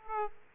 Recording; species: mosquito wingbeat signal from an infrared sensor; Aedes aegypti